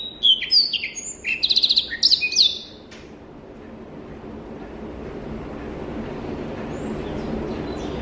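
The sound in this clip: Rüppell's warbler song: a quick burst of dry, chattering notes with a short buzzy rattle, lasting under three seconds, then only steady background hiss.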